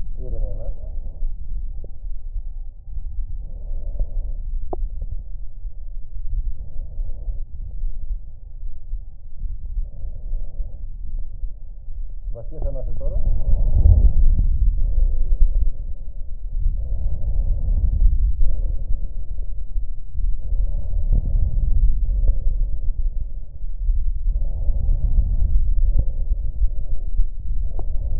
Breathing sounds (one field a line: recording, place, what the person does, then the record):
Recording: lung sounds by stethoscope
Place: right anterior apical chest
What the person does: quiet breathing, then deep breathing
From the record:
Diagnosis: pulmonary infection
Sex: male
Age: 74 years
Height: 171 cm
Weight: 80 kg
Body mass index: 27.4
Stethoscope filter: extended mode